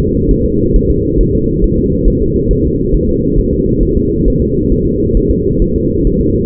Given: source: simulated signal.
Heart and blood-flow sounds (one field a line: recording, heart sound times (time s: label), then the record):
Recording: fetal heart sounds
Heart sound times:
0.00 s: S2
0.31 s: S1
0.46 s: S2
0.76 s: S1
0.91 s: S2
1.21 s: S1
1.35 s: S2
1.64 s: S1
1.79 s: S2
2.08 s: S1
2.22 s: S2
2.51 s: S1
2.65 s: S2
2.94 s: S1
3.09 s: S2
3.39 s: S1
3.53 s: S2
3.83 s: S1
3.97 s: S2
4.28 s: S1
4.42 s: S2
4.72 s: S1
4.87 s: S2
5.17 s: S1
5.31 s: S2
5.62 s: S1
5.76 s: S2
6.07 s: S1
6.21 s: S2
From the record:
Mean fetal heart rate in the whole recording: 135 bpm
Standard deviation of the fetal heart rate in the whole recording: 3 bpm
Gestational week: 36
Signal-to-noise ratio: -14.7 dB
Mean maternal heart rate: 72 bpm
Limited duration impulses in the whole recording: present